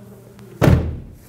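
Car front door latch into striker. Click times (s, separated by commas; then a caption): 0.6 s. The front door of a 2012-2017 Toyota Camry is closed after its upper door hinge was replaced, to check that it works. A faint tick at 0.4 s comes before the door slams shut at 0.6 s with a heavy thud, as the latch catches into the striker and the sound decays over the next half second. The latch seats and works fine.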